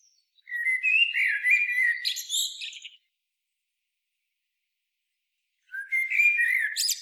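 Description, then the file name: Eurasian blackbird song: a full warbled phrase with a high screechy finish, then a quiet gap before the next fluty phrase begins. "Turdus merula"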